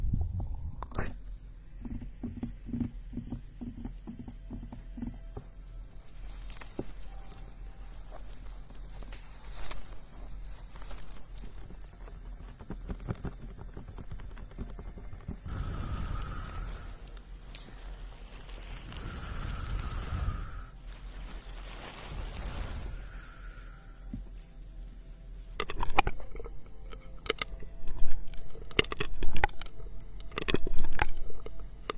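Ear picking and ear massage make soft scratches, rubs and quick clicks that come in irregular bursts throughout. A denser hissing, rubbing stretch runs from about 15 to 24 seconds, marked by three short whistling tones, and sharper crackly clicks cluster near the end.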